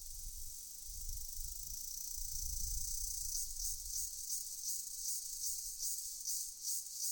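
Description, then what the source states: Cicada song, a steady high buzz that turns into rapid pulsing about three times a second in the second half, with low rumbling beneath. From India.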